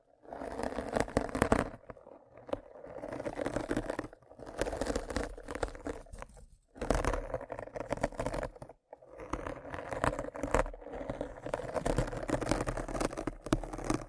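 Rough cleaning and picking at a brain: dense bursts of scraping, rubbing handling noise run through most of the clip. Brief lulls come near two seconds, around four, and shortly before seven and nine seconds, and each is followed by more busy scraping.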